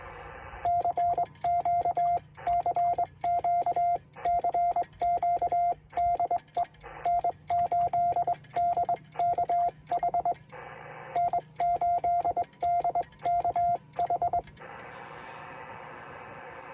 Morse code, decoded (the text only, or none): CQ CQ CQ DE N8DKH N8DKH